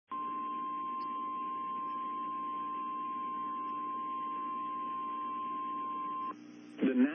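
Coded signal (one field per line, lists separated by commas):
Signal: Emergency Alert System (SAME) tones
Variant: 1050 Hz attention tone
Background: speech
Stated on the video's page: NOAA weather radio WXJ88 severe thunderstorm and tornado warnings for Menomonie, Wisconsin.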